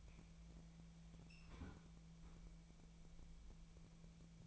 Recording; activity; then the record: daily activity, microphone in the room; close fridge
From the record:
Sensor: 1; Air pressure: 1000.2 hPa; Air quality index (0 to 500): 134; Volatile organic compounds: 2 ppm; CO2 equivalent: 1263 ppm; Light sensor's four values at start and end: 37/93/39/48 and 37/94/39/48